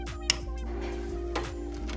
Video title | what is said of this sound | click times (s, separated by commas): $2000 Gaming PC Build Guide - RTX 2080 Super, I7-9700K (First Time Building... (Technically...)) | little clicky sound that's nice to hear | 0.3 s